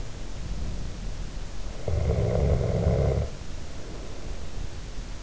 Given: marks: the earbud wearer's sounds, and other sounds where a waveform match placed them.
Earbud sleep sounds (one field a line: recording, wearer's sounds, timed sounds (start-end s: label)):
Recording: sounds in sleep by an in-ear microphone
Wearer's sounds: snoring breath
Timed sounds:
1.67-4.59 s: snoring breath